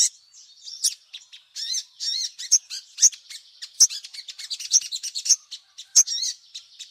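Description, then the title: Little spiderhunter song: a continuous, busy warble of very high twittering notes, punctuated by sharper louder clicks. Masteran for training songbirds; the 'Labaik' song variety. "Masteran Burung Sogok Ontong Labaik"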